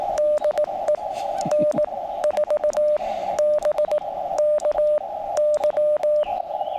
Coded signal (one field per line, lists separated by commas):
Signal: Morse code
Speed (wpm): 18 wpm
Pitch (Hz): 600 Hz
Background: radio noise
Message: DE N4BKY